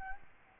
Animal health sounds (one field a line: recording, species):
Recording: mosquito wingbeat signal from an infrared sensor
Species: Aedes albopictus